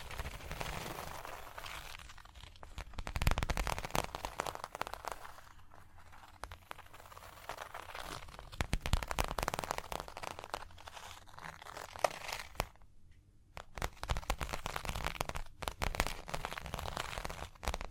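Tapping, scratching and tracing on a surface, with dense crinkly scratching textures and quick irregular taps throughout. Louder bursts of rapid scratching swell around 3, 9 and 15 seconds, and a brief near-silent pause falls just before 13 seconds.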